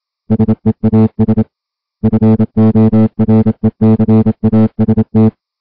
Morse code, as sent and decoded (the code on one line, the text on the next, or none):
... . .- ... / ..-. --- .-. . -.-. .- ... -
SEAS FORECAST